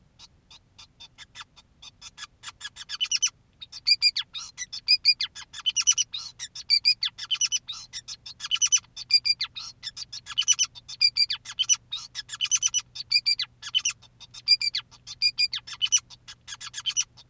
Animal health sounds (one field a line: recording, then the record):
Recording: song of a male Bengalese finch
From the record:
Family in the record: son of father 2, and himself father 5